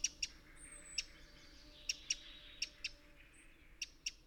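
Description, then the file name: Eurasian wren, a series of crisp clicking calls spaced irregularly, some doubled, with a thin high whistle and a faint steady drone underneath. "Troglodytes troglodytes"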